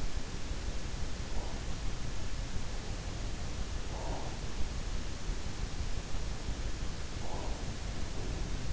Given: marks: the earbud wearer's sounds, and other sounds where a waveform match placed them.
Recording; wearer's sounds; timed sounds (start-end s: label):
sounds in sleep by an in-ear microphone; breath
1.13-1.98 s: breath
3.70-4.38 s: breath
7.16-7.83 s: breath